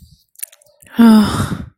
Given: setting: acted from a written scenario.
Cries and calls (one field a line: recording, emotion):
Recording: vocal sound without words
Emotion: disappointment